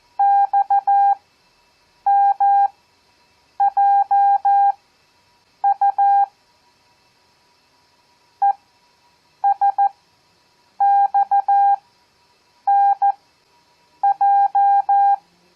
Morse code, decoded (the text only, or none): XMJU ESXNJ